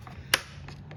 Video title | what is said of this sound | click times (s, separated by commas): Mojave OEM Rear Bumper disassembled | Yeah, you just heard it snap back in. | 0.3 s